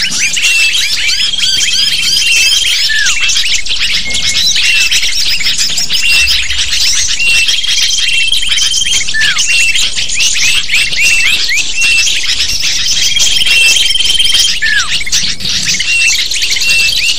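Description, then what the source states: Lovebird chatter, many shrill chirps and squeaky notes crowding together without pause, with occasional long thin whistles and short downward-sliding squeals. Lure used to attract lovebirds.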